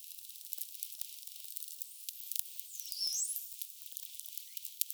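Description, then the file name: Common bottlenose dolphin whistling and clicking underwater: rapid scattered clicks throughout, with high swooping whistles around the middle. "GRAND DAUPHIN"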